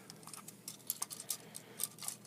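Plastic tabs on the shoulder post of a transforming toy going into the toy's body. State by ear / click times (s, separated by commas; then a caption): not seated / none. The plastic tabs on a shoulder post of a Transformers Toyota FJ Cruiser Optimus Prime toy robot are lined up and pushed up toward the toy's body, making a series of light, sharp plastic ticks and taps. The ticks are sharpest around 0.9, 1.0, 1.3 and 1.8 seconds. Nothing has seated or clicked into place yet.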